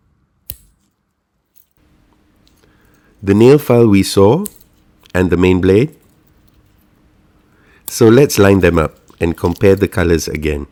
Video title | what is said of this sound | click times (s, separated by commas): Alox Limited Edition Classic Compare #sak #reviews #edc | all right let's here it click | 0.5 s